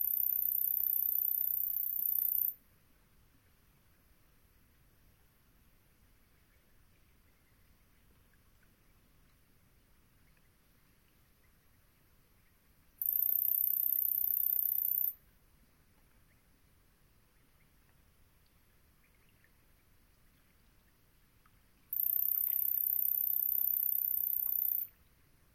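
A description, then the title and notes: Long Swamp at dusk: a very high, thin, steady buzz sounds in three bursts of two to three seconds each, at the start, around thirteen seconds and around twenty-two seconds. Between them there is only a faint low murmur with occasional soft ticks. Long Swamp, Dusk. The air was still as I sat down to record; the temperature a chill 60ºF/ 15.5ºC, and the moon was expected to be full.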